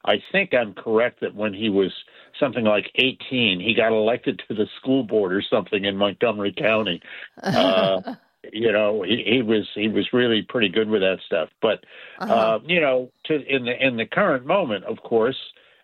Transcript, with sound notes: I think I'm correct that when he was something like 18, he got elected to the school board or something in Montgomery County.
(laughs)
Uh, you know, he, he was, he was really pretty good with that stuff, but-
Uh-huh.
... uh, you know, to, in the, in the current moment, of course,